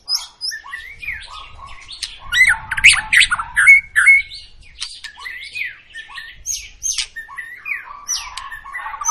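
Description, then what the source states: White-rumped shama song, varied and fast: rising whistles, clicking bursts and scratchy notes tumbling together. Long, vigorous song of a white-rumped shama, used as a lure to make other birds sing.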